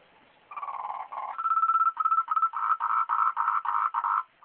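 Frog producing buzzy pulsed notes that start low and then rise to a higher, clearer tone, repeated several times a second until stopping abruptly.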